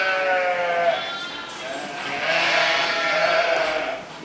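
Sheep bleating: a shaky bleat, a short lull, then a louder, longer tremulous bleat that trails off.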